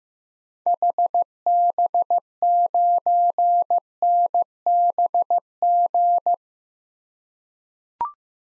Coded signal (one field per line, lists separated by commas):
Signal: Morse code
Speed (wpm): 15 wpm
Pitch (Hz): 700 Hz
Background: none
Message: HB9NBG